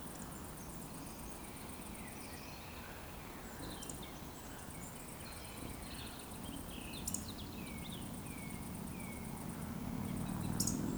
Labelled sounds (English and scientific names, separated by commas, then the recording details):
Eurasian Woodcock (Scolopax rusticola) whistle, Eurasian Woodcock (Scolopax rusticola) croak
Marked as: whistle, whistle, whistle, croak, whistle
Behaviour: display flight
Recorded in Baden-Württemberg, Germany, on 23 June 2020 at 20:17 UTC
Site 14569, 102 m above sea level